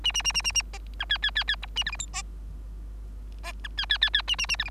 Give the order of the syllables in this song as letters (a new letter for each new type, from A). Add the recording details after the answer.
A A A A A A B C D D D D E A F G H B B C D D D D A A A F G. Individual Bird3